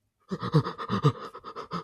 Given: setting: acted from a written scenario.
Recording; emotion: vocal sound without words; fear